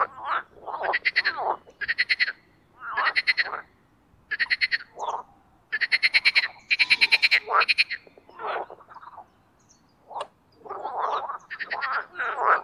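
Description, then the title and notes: Marsh frog chorus of loud pulsed rattling croaks in bursts of about a second, separated by short pauses, with several frogs calling. Spring mating chorus in an artificial pond created for water activities at Parc Chédeville, Oise; after a cold night. "au Parc Chédeville dans l'Oise. des grenouilles rieuses"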